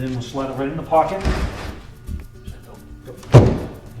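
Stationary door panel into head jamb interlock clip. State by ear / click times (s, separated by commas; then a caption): seated / 2.2 s. Someone talks while a heavy stationary glass panel for an Andersen A-Series patio door frame is slid into the pocket, with the top of the panel going up inside the head bracket. At 2.2 s it snaps and clicks into the interlock clip at the head jamb, and the panel is seated.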